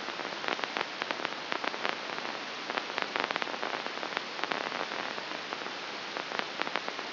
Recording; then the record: brain microelectrode recording played as sound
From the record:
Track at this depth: inside the subthalamic nucleus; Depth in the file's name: 1.835 mm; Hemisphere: left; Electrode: 2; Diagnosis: Parkinson's disease